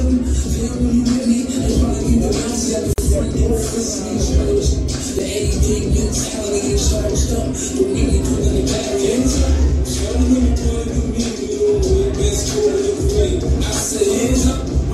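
Lively sounds from within Central 111: a steady, dense wash of overlapping voices and chatter that never drops out. Scuffing and shuffling movement mixes in throughout, with a brief sharp click near the three-second mark.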